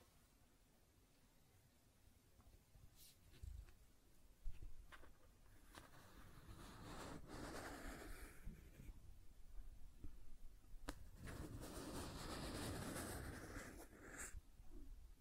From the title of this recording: Scratching and Tracing Sounds